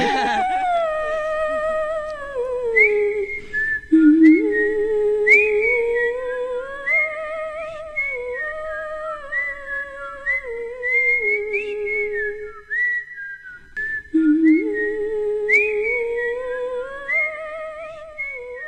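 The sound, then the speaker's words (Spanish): A woman whistles a flowing melody for about eighteen seconds, her clear tone gliding up and down with slides between notes and a brief pause partway through, with no talking. “No es cierto, sí silbamos.”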